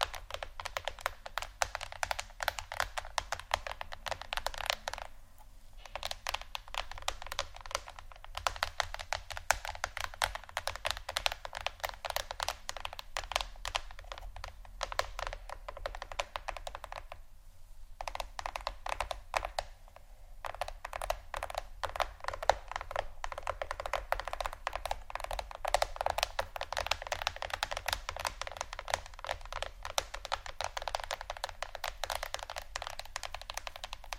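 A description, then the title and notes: Fingers tap rapidly on a phone or tablet screen, producing dense, continuous clicks with only brief pauses near 5, 17 and 20 seconds. The taps are bright and crisp, with a steady low hum running underneath throughout. ASMR Phonetablet Tapping（No Talking）.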